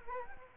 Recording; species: mosquito wingbeat signal from an infrared sensor; Culex quinquefasciatus